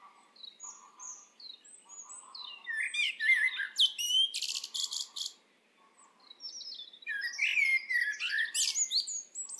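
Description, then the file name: Eurasian blackbird song: rich whistled phrases mixed with high chattering twitters, a sharp rattling burst midway, then a brief pause before more twittering. "Turdus merula"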